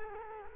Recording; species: mosquito wingbeat signal from an infrared sensor; Culex quinquefasciatus